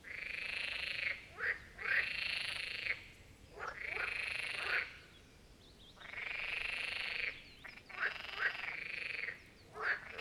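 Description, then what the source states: Marsh frogs calling in chorus, long rattling croaks overlapping and repeating, with brief gaps between bursts of calling. Chorus of marsh frogs at the Birkensee in Schönbuch, Germany, recorded on one of the first hot summer days of 2023.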